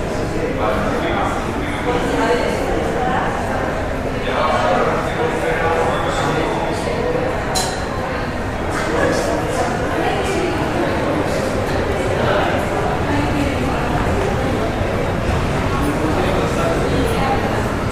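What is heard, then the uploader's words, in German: Sounds from an airport terminal hall: a dense, steady murmur of many voices fills a large indoor space, with no single speaker standing out. Footsteps and light knocks come and go, and a few sharp clicks ring out around the middle and near twelve seconds. Entspannende Geräusche aus der Flughafen-Abfertigungshalle.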